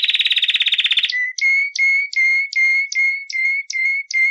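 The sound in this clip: Canary song: a rapid rattling trill for one second, then a series of clear, pure whistled notes repeated about every third of a second.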